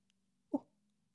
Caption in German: Das ist ein Niesen. Das ist ja süß irgendwie. Ja, das war ja voll das niedliche Niesen. Wer auch immer hier im Haus niest.